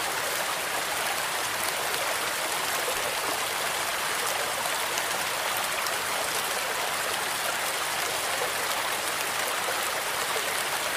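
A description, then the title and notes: Rain noise blends with a forest stream in a dense, unbroken hiss that holds level for the whole stretch. The sound sits bright, carried mostly in the upper range with little low rumble, and faint ticks of droplets flicker through it. Relaxing Rain Noise + Forest Stream.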